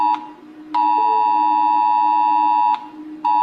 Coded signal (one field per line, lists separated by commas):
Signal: Emergency Alert System (SAME) tones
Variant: 853 and 960 Hz attention tone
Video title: Rating Other Countries EAS Alarms Before It Becomes Irrelevant